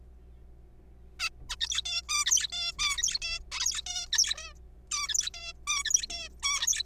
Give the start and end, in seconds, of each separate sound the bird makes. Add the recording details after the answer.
1.20-1.29, 1.50-1.56, 1.61-1.82, 1.85-2.02, 2.09-2.24, 2.26-2.47, 2.48-2.52, 2.52-2.71, 2.79-3.19, 3.22-3.40, 3.52-3.82, 3.86-4.06, 4.12-4.54, 4.91-5.29, 5.34-5.53, 5.67-5.83, 5.85-6.07, 6.10-6.28, 6.43-6.83. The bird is a juvenile. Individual R3428